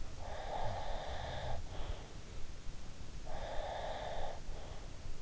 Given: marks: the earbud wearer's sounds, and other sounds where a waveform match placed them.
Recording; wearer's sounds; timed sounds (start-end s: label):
sounds in sleep by an in-ear microphone; breath
0.15-2.02 s: breath
3.29-4.82 s: breath